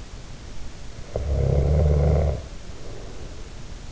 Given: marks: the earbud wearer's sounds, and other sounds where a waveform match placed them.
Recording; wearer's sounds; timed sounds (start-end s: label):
sounds in sleep by an in-ear microphone; snoring breath
0.89-3.75 s: snoring breath